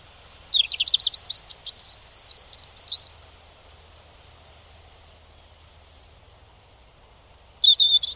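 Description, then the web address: European robin song, a long jangling phrase of rapid high notes and trills, then a pause of several seconds before a short new phrase begins. "Deverinetal 2025 File origin Bird Only Er Ru"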